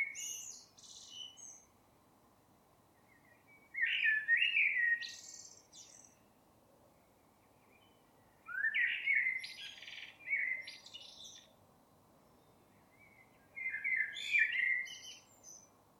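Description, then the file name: Eurasian blackbird song with repeated phrases every few seconds, mellow low whistles mixed with sharp, high squeaky notes. "Turdus merula"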